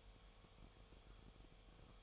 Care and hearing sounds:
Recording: daily activity, microphone in the room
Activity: make coffee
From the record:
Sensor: 1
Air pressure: 1002.0 hPa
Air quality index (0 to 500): 243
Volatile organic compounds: 47 ppm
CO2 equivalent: 3261 ppm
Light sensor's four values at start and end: 8/28/10/11 and 8/28/10/11

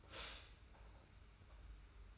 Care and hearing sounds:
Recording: daily activity, microphone in the room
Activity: stop toaster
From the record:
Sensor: 2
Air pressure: 991.5 hPa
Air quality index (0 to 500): 188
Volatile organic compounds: 1000 ppm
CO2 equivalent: 6148 ppm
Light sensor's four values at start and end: 32/97/38/36 and 32/97/38/36

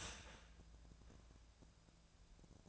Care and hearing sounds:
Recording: daily activity, microphone in the room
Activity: start toaster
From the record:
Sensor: 2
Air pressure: 1000.0 hPa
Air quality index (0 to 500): 146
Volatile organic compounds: 2 ppm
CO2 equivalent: 1239 ppm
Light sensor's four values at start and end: 26/66/28/30 and 26/66/28/30

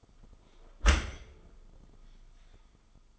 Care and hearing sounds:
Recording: daily activity, microphone in the room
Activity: close dishwasher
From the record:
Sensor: 5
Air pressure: 1004.8 hPa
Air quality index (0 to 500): 94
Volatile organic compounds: 2 ppm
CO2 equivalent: 1138 ppm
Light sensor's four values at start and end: 33/76/31/30 and 33/76/31/30

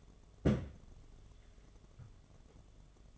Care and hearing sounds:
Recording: daily activity, microphone in the room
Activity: place on stove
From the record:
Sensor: 4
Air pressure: 1011.1 hPa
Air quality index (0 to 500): 141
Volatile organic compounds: 3 ppm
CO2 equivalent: 1440 ppm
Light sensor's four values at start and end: 210/549/232/242 and 219/571/241/252

